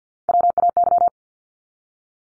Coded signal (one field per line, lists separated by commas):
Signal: Morse code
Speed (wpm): 50 wpm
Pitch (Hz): 700 Hz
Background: none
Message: WAY